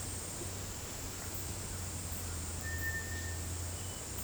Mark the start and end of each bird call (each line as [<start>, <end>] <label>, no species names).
[2.62, 3.38] bird call